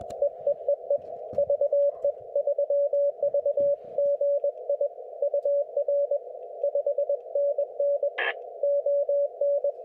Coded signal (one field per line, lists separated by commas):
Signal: Morse code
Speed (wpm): 20 wpm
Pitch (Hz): 560 Hz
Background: radio noise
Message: EEEE VE3VGI UR 5NN ON